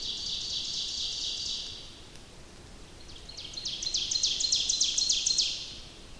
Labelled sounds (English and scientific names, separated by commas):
Ovenbird (Seiurus aurocapilla) song